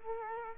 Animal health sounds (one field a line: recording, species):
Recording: mosquito wingbeat signal from an infrared sensor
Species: Culex quinquefasciatus